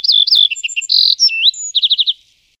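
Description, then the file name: Little bunting singing one rapid, high phrase of chirps and a buzzy note, ending in a fast run of five ringing notes. "Ovsyanka kroshka"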